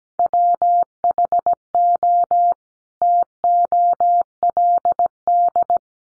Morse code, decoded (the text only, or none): WHO TOLD